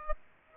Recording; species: mosquito wingbeat signal from an infrared sensor; Aedes aegypti